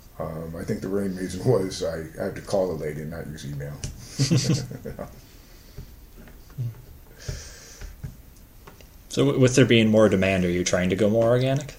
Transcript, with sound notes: I think the main reason was I had to call the lady and not use email. [Laughter]
So, with there being more demand, are you trying to do more organic?